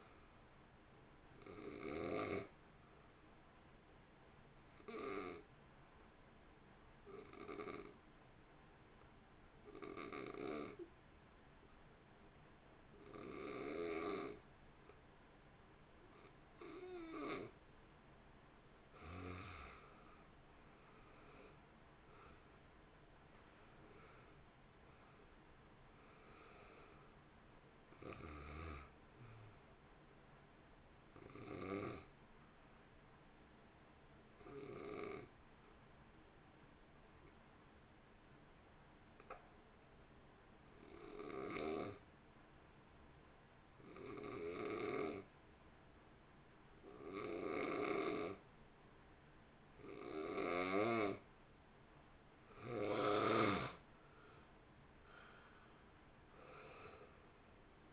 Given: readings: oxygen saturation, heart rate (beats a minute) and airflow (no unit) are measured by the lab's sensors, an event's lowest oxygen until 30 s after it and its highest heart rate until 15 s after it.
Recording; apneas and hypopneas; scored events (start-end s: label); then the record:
breathing in sleep by a voice recorder at the bedside; 2
3.00-19.70 s: hypopnea (N1, oxygen 91% highest, then 81% lowest, heart rate 60 at the start, 65 highest)
35.00-53.50 s: hypopnea (N1, oxygen 93% highest, then 79% lowest, heart rate 53 at the start, 64 highest)
47.00-57.93 s: new sleep stage, N2 (light sleep)
From the record:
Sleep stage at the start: N1 (lightest sleep); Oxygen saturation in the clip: 80 to 93%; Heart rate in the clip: 50 to 65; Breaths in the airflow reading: 17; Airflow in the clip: -3.1 to 2.3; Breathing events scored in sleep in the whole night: 328 in 6.3 hours asleep